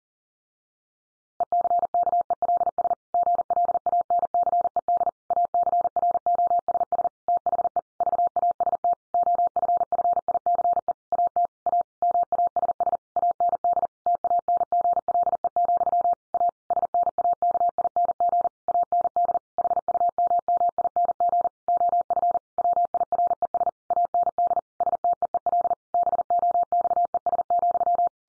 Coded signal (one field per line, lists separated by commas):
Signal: Morse code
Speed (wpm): 40 wpm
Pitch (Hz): 700 Hz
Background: none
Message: ECKELS GLANCED ACROSS THE VAST OFFICE AT A MASS AND TANGLE, A SNAKING AND HUMMING OF WIRES AND STEEL BOXES,